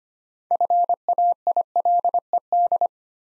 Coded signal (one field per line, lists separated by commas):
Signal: Morse code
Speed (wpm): 25 wpm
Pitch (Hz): 700 Hz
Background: none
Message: FAILED